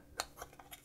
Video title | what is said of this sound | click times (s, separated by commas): Ferengi Fridays - Slabtops, Commodore Calculator Teardown, goodies from Germany | it pops right into the case | 0.2 s